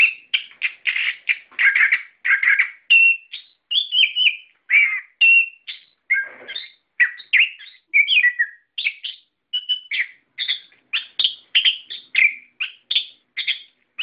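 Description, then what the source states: Songbird singing steadily: rapid chattering and whistled notes in short bursts, with some rising and falling slurs and short gaps between phrases. Masteran song for training cage birds.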